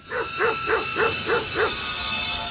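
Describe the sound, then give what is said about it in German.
A rapid run of five sharp, evenly spaced dog barks, each a rising-then-falling yelp, over a steady bed of high-pitched droning noise in a dense sound collage. “Ja, wir haben hier natürlich ein kleines Szenario aufgebaut, den Hundeplaneten.”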